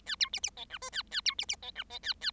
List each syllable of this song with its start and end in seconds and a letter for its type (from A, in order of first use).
0.06-0.16 A, 0.20-0.29 B, 0.33-0.40 C, 0.43-0.50 C, 0.57-0.65 D, 0.70-0.78 E, 0.81-0.90 F, 0.92-1.02 A, 1.11-1.21 A, 1.25-1.35 B, 1.38-1.45 C, 1.48-1.56 C, 1.62-1.71 D, 1.75-1.83 E, 1.90-1.99 D, 2.03-2.13 A, 2.21-2.31 A